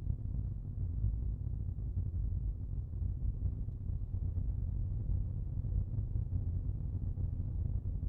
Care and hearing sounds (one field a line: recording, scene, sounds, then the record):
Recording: everyday scene through a hearing-aid microphone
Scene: in a vehicle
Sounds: engine, rumble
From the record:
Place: Skoda Fabia, gasoline engine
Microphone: in the ear canal, left